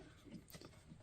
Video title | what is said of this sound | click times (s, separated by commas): Peg Perego John Deere Ground Loader Assembly - With Step Numbers! | and then yep that snapped right into place | 0.5 s